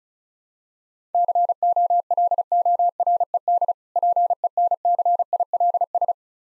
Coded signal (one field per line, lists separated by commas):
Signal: Morse code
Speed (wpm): 36 wpm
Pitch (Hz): 700 Hz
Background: none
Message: COLORED PENCILS